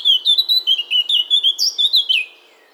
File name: Sylvia atricapilla